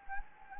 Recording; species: mosquito wingbeat signal from an infrared sensor; Anopheles gambiae